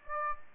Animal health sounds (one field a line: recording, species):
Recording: mosquito wingbeat signal from an infrared sensor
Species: Aedes aegypti